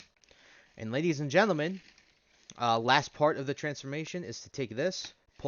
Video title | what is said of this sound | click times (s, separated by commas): VIDEO REVIEW: Transformers Studio Series 86' - Commander Class Ultra Magnus | and then what you'll do on the bottom here snap this into place | 0.2 s